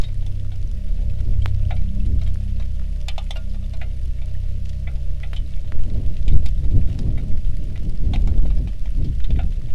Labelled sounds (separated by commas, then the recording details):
wind, rain, aircraft
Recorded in the Prudhoe Bay oil fields, Alaska, on 3 August 2019 at 07:56
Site 13